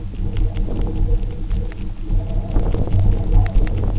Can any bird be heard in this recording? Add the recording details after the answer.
no. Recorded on Arctic tundra, site UTQI-0, on 27 June 2018. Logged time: 10:00